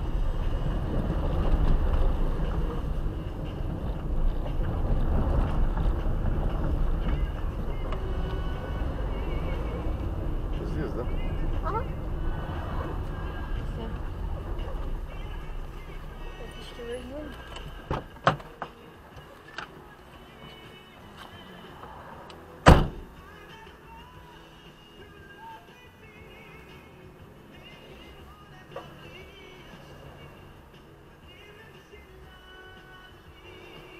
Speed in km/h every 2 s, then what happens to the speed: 17, 23, 21, 19, 18, 23, 18, 8, 1, 5, 1, 1, 0, 1, 0, 0, 0.
0-2 speeds up to 23. 2-10 steady at about 21. 10-15 brakes to 1. 15-20 steady at about 1. 20-34 standing.